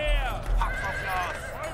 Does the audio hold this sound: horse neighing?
yes